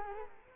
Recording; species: mosquito wingbeat signal from an infrared sensor; Culex quinquefasciatus